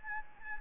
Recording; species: mosquito wingbeat signal from an infrared sensor; Anopheles gambiae